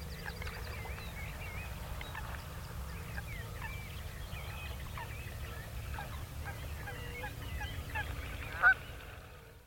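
Great crested grebe calls: a continuous chatter of short, wavering nasal notes, with one sharp louder note near the end and low background rumble.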